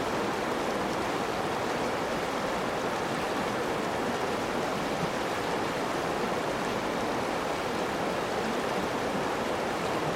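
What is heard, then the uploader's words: A distant river rushes in a steady, unbroken wash of sound that holds the same level from start to finish. The roar is dense and fairly soft, centered in the low middle with a gentle hiss above, and no separate events stand out. A Distant River.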